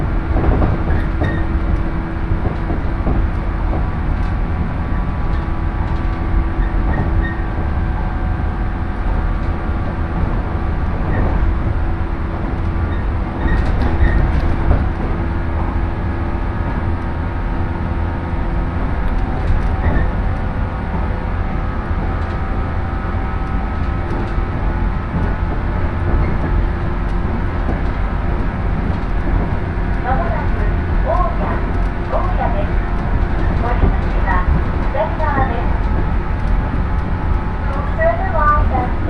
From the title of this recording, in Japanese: しなの鉄道・北陸新幹線 小諸→上田→長野